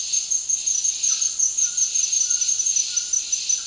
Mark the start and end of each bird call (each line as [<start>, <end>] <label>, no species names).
[1.08, 3.67] bird call